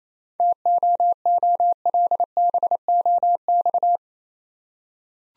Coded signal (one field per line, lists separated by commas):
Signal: Morse code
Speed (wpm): 27 wpm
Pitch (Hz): 700 Hz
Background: none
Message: TOOLBOX